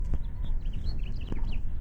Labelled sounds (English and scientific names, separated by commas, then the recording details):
House Finch (Haemorhous mexicanus) song
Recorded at Island Park on Long Island, New York, on 17 June 1975
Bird B